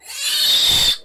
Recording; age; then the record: pig call; piglet (1 to 25 days)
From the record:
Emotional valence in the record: negative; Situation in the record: castration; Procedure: castration, cut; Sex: male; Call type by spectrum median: high-frequency call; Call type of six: high-frequency modulated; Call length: 1.04 s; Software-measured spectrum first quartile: 3468 Hz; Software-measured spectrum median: 4144 Hz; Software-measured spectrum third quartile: 6000 Hz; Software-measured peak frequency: 3587 Hz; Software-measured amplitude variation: 96 dB a second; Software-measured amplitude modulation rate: 19.7 a second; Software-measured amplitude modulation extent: 4.9 dB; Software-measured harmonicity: 4.6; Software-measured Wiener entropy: -2.16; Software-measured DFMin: 792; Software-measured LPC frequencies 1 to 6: 891, 1862, 3016, 3633, 4444, 7297 Hz